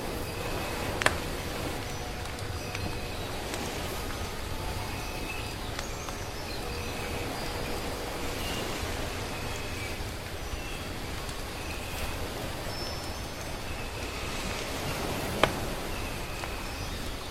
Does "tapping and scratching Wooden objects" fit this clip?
no